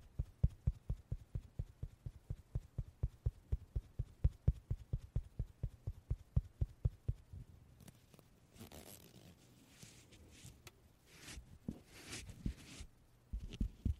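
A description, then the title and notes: Puff sounds: rapid, even low thumps for the first seven seconds, then irregular breathy hissing bursts of air until the end. 말없이 퍼프 소리만, 가득 담아봤어요 puff sound no talking asmr.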